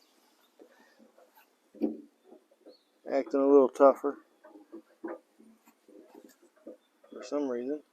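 A tailgate latch rod is being pressed into its plastic retaining clip on a new latch during a Chevy Silverado tailgate latch replacement with bezel; this one goes in a little tougher than the first. Someone talks over faint handling noises and a few short knocks. Nothing has seated or clicked into place yet.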